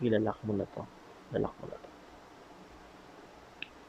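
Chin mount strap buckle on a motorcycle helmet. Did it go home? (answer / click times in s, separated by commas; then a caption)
yes / 3.6 s. Someone talks while the strap of an action-camera chin mount is fed through and tightened around an LS2 motorcycle helmet. The ratchet buckle is then pressed shut, giving a short, sharp tick at 3.6 s. The chin mount strap buckle is locked.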